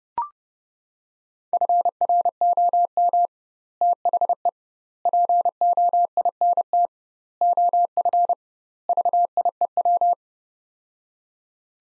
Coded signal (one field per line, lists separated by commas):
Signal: Morse code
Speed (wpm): 32 wpm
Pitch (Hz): 700 Hz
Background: none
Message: FROM THE POINT OF VIEW